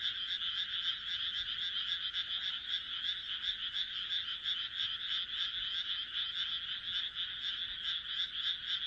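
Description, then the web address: Dense frog chorus: many rapid, grating pulses blend into an unbroken rattling drone from start to finish. "kaeru kaeru"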